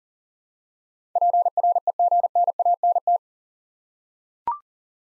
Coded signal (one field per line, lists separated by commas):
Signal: Morse code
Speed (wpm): 42 wpm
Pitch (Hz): 700 Hz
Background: none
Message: PREGNANT